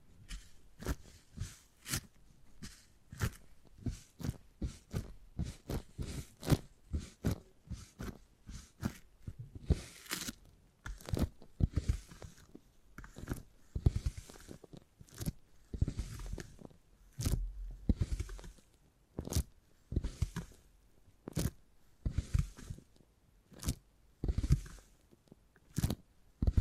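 Beeswax being handled and pressed, producing a steady run of sharp crunchy crackles and squishy snaps. The sounds come quickly and irregularly, roughly two or three per second, some louder bursts around the middle. Soft rustling fills the gaps between them.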